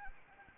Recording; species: mosquito wingbeat signal from an infrared sensor; Anopheles arabiensis